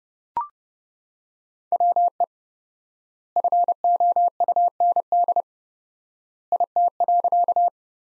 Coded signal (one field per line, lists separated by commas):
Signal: Morse code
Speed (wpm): 32 wpm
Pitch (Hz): 700 Hz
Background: none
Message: WE FOUND IT.